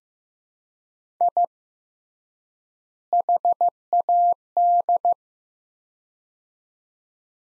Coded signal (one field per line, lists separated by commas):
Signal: Morse code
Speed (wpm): 15 wpm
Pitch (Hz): 700 Hz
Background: none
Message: I HAD